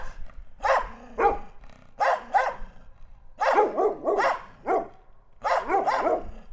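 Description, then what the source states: Dog barking in irregular bursts, single and doubled sharp barks with a few softer sounds between them. Dog barking in Listvyanka.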